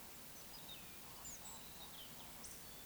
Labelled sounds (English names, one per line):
Eurasian Woodcock whistle
Eurasian Woodcock croak